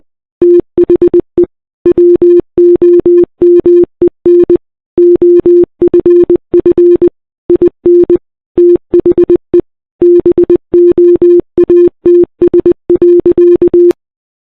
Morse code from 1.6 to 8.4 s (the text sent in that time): WOMEN OFF IN